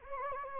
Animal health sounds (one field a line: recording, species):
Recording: mosquito wingbeat signal from an infrared sensor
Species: Anopheles gambiae